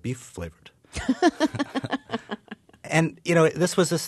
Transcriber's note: soundbite of laughter